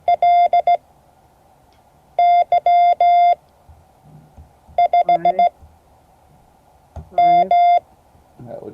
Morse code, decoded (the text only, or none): LY5M